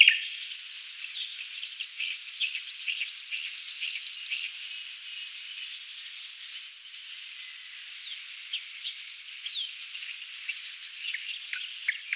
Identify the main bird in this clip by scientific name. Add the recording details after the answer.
Locustella fasciolata. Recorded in the wild. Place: Woschod, Fischteiche, RU. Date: 1994-06-05. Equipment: Dat-Recorder Casio DA 7, Telinga DAT, Telinga-Parabolspiegel. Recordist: Schwarz, Dieter. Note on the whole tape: Song